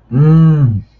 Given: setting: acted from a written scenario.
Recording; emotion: vocal sound without words; desire